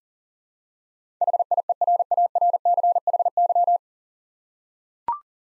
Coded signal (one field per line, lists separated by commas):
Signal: Morse code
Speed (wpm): 40 wpm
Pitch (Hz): 700 Hz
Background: none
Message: HIERARCHY